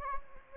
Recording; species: mosquito wingbeat signal from an infrared sensor; Anopheles gambiae